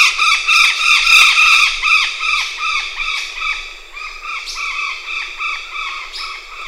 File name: ararajuba Guaruba guarouba